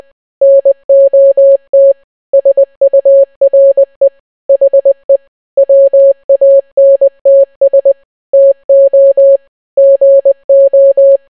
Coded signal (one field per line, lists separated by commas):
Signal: Morse code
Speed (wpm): 20 wpm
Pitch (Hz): 550 Hz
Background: none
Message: NOT SURE HE WANTS TO GO